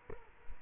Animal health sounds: mosquito wingbeat signal from an infrared sensor; Culex quinquefasciatus

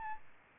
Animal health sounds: mosquito wingbeat signal from an infrared sensor; Aedes albopictus

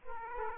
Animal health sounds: mosquito wingbeat signal from an infrared sensor; Aedes aegypti

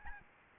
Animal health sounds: mosquito wingbeat signal from an infrared sensor; Aedes albopictus

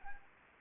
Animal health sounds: mosquito wingbeat signal from an infrared sensor; Anopheles arabiensis

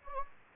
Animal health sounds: mosquito wingbeat signal from an infrared sensor; Anopheles gambiae

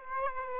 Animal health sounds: mosquito wingbeat signal from an infrared sensor; Aedes aegypti

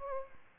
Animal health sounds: mosquito wingbeat signal from an infrared sensor; Aedes aegypti

